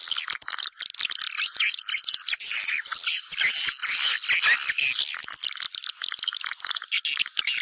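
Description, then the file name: Swiftlets calling constantly, thin piercing twitters and rattling clicks overlapping in a thick, unbroken high chorus. Lure sound played to attract swiftlets for nest farming. "Am thanh du yen"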